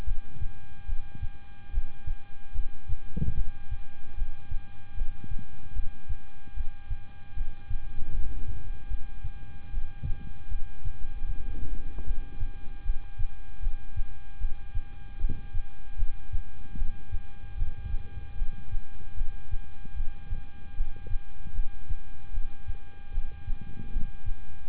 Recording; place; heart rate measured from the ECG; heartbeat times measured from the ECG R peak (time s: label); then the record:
heart sounds by stethoscope; between the tricuspid and mitral areas; 76 bpm
0.05 s: heartbeat
0.86 s: heartbeat
1.71 s: heartbeat
2.52 s: heartbeat
3.35 s: heartbeat
4.15 s: heartbeat
4.95 s: heartbeat
5.73 s: heartbeat
6.54 s: heartbeat
7.34 s: heartbeat
8.11 s: heartbeat
8.88 s: heartbeat
9.71 s: heartbeat
10.48 s: heartbeat
11.26 s: heartbeat
12.04 s: heartbeat
12.83 s: heartbeat
13.60 s: heartbeat
14.38 s: heartbeat
15.18 s: heartbeat
15.96 s: heartbeat
16.75 s: heartbeat
17.55 s: heartbeat
18.35 s: heartbeat
19.15 s: heartbeat
19.94 s: heartbeat
20.74 s: heartbeat
21.52 s: heartbeat
22.31 s: heartbeat
23.11 s: heartbeat
23.89 s: heartbeat
24.67 s: heartbeat
From the record:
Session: rest, lying down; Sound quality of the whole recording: good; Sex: male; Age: 26 years